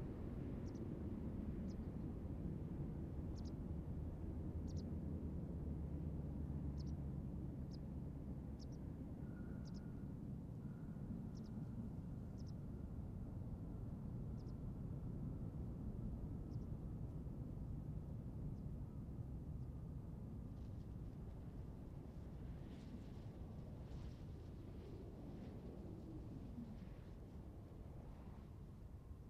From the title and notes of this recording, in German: September, 13:24 CET. Flughafen Kloten.